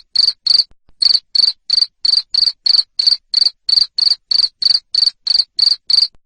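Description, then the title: Cricket producing loud, high, clipped chirps in a steady rhythm, three or so each second, after a short hesitation near the start. Loud cricket chirping (ngerik) played to make lovebirds keep singing (ngekek). "Suara JANGKRIK NGERIK Keras Bikin LOVEBIRD Jadi NGEKEK Terus Vubey"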